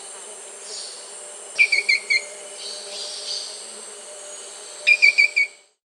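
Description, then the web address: Dwarf tyrant-manakin gives two quick phrases of four buzzy, slightly rattling notes about three seconds apart, backed by a high continuous insect hum. In Peru and Brazil, Amazon region. "Birds of the Amazon 3. Dwarf Tyrant-Manakin (Tyranneutes stolzmanni), Peru, Brazil"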